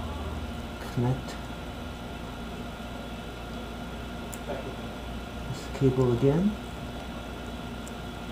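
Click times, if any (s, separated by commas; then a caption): none. Someone talks while handling the LCD cable connector as it is plugged back into the screen panel of an eMachines 355 series PAV70 netbook, over a steady low hum with faint quiet handling noises. Nothing has seated or clicked yet; the clip ends before the connector goes home.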